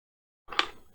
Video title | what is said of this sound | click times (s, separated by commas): SN 8 metallic version part 13 | snap in place | 0.6 s